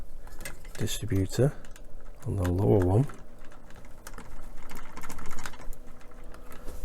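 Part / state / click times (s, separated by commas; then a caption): plastic model pipe into a connector on a scale model lorry distributor / not seated / none. Someone talks while pushing the end of a thin plastic pipe into a small connector on the distributor of a scale model lorry, with light plastic taps and scrapes of handling. The pipe does not go into the tight-fitting connector, and nothing has clicked or seated yet.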